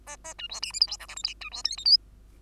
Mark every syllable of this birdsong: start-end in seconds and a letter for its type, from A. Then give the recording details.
0.06-0.16 A, 0.24-0.34 A, 0.38-0.48 B, 0.49-0.60 C, 0.62-0.72 D, 0.73-0.80 E, 0.80-0.87 F, 0.87-0.97 G, 0.99-1.07 H, 1.08-1.15 I, 1.16-1.23 J, 1.24-1.34 K, 1.41-1.50 B, 1.51-1.63 C, 1.64-1.77 L, 1.77-1.85 M, 1.85-1.97 N. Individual Bird2